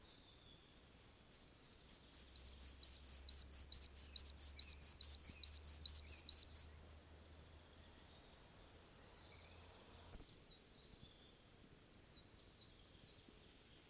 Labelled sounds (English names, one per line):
Red-breasted Flycatcher song